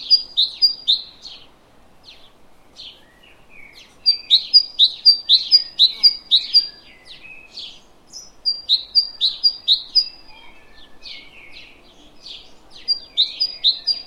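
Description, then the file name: Great tit song: high, bright two-note phrases repeated rapidly in several bursts, with short pauses between bursts and faint background hiss. "Parus major"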